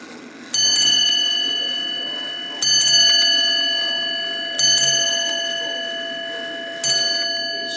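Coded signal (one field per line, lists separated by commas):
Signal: ship's bell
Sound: clock bell strikes in three pairs then one single, long ringing decay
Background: clock ticking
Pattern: 2-2-2-1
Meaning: Seven bells marks the 3:30, 7:30 or 11:30 point of a watch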